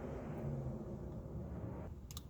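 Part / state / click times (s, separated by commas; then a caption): torque wrench on transmission connector plug bolt / torque reached / 2.1 s. A torque wrench set to 22 inch pounds is used to lightly re-check the bolt holding a transmission connector plug. Under a steady low rumble, the wrench gives a short, sharp click at 2.1 s, with a quick second tick right after and a faint one near 2.3 s. The click confirms the bolt has reached the set torque.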